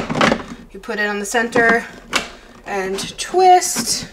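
A lidded plastic pint container is set on the center of a Ninja Creami ice cream maker base and twisted while someone talks. The pint has not locked into place yet.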